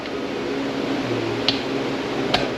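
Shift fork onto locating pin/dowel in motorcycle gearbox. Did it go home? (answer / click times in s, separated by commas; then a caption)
yes / 1.5 s, 2.3 s. During a vintage Honda CB350 engine rebuild, a steel shift fork is fitted onto its locating pin and clip in the motorcycle gearbox and rotated until the dowel drops into place. Over a steady low background hum, two short, sharp clunks sound at 1.5 s and 2.3 s. The fork is seated.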